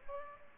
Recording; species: mosquito wingbeat signal from an infrared sensor; Aedes aegypti